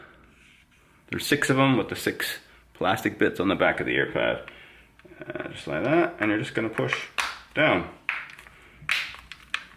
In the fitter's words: You will hear some of them snap in, whereas some others you might not hear.